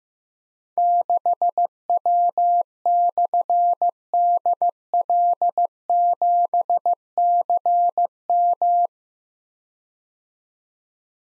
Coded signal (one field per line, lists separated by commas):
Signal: Morse code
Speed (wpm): 15 wpm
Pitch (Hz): 700 Hz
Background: none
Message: 6W/DL7CM